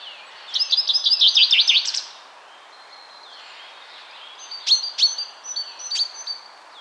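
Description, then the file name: Common chaffinch with a rapid dry trill of bright notes lasting over a second, then a pause and a few sharp call notes among thin high whistles. "Fringilla coelebs"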